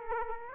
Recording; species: mosquito wingbeat signal from an infrared sensor; Aedes aegypti